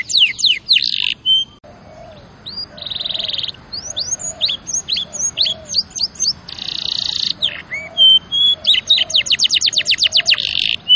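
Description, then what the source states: Canary song: high rapid trills, buzzy sustained rolls and whistled sweeps alternating in quick phrases, with soft lower chirps underneath. Champion canary song used as a tutor recording (masteran) for training other birds.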